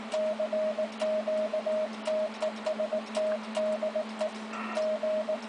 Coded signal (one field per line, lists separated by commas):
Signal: Morse code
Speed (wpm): 18 wpm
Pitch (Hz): 620 Hz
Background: radio noise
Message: CQ TEST DE G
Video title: White Noise Listening Society (WNLS) - G5WQ/P - UKSMG Contest June 2011